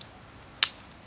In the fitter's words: and hear the snap when this thing goes all the way